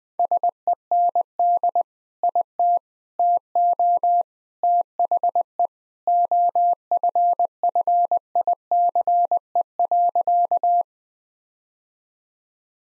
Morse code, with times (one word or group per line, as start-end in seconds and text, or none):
0.2-1.8 SEND
2.2-2.8 IT
3.2-4.2 TO
4.6-5.7 THE
6.1-10.8 OFFICE.